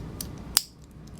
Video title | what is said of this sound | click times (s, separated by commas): Zelos Swordfish V2: Original, Stunning, Solid | satisfying clicks | 0.2 s, 0.6 s